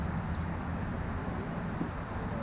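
A replacement plastic fuel filler door housing for a Ford F-150 is handled at the opening in the pickup bed side panel, with steady low rumbling background noise and no distinct click. Nothing has seated or clicked yet.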